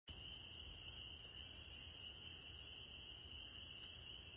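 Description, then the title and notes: Dense spring peeper chorus, an even high shrilling tone from many frogs at once with no breaks, plus a soft low background hum. Evening chorus in spring, 9 April 2021; the peepers have just returned. "April 9, 2021. the spring peepers have returned! I’ve recorded their evening symphony"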